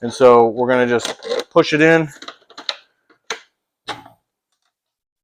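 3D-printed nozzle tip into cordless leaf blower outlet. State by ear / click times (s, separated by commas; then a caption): seated / 3.3 s. Someone talks, then pushes a 3D-printed nozzle tip with a small locking mechanism into the outlet of a Milwaukee 2724-20 M18 cordless leaf blower, without pressing the release button. A sharp click at 3.3 s marks the tip snapping into place, and it stays locked in, followed by a faint tap near 3.9 s.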